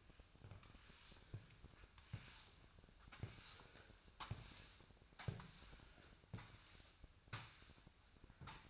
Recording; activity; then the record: daily activity, microphone in the room; sweep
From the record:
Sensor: 2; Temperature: 24.9 degrees Celsius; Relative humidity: 39.7%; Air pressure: 1001.5 hPa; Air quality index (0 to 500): 227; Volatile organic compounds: 26 ppm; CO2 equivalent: 2852 ppm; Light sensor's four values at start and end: 8/26/10/10 and 8/26/10/9